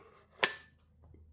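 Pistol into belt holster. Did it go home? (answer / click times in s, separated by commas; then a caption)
yes / 0.4 s. An unloaded pistol is pushed down into an Orpaz T40 large rigid polymer OWB belt holster, with one sharp, bright click at 0.4 s that rings briefly before fading into quiet. The pistol locks in and is seated in the holster.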